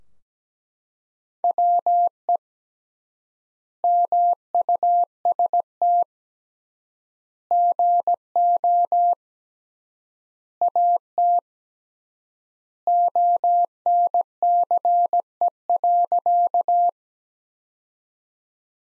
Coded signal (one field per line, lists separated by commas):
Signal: Morse code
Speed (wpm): 17 wpm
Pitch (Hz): 700 Hz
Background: none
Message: WE MUST GO AT ONCE.